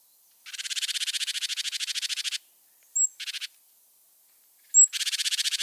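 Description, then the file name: Great tit churr: a long, scratchy rattle of rapid pulses for about two seconds, a short high note and brief rattle, then another sharp note and churr. "Parus major"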